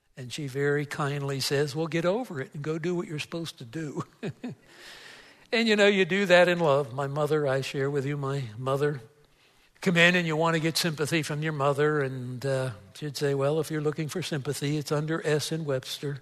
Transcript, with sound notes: and she very kindly says, well get over it and go do what you’re supposed to do, (laughter) and you know you do that in love. My mother, I share with you my mother. You come in, and you want to get sympathy from your mother and she’d say, well if you’re looking for sympathy it’s under S in Webster’s